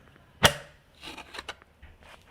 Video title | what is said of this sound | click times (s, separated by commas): Hart Electric Lawn Mower - Quick Assembly & Review | push down until it clicks indicating it is secure | 0.5 s